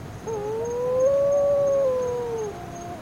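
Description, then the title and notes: Wedge-tailed shearwater wail, a long moan rising gently, swelling in the middle, then sinking away over about two seconds. Three wedge-tailed shearwaters, calling while said to be mourning the loss of their partners. "Wedge tailed shearwater tragedy. 3 wedge tailed shearwaters mourn the loss of their partners"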